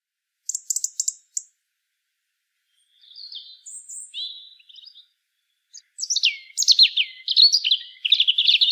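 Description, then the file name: European robin with a quick series of ticks, soft thin warbles, then a long rich phrase of rapid sliding, twittering notes. "Erithacus rubecula"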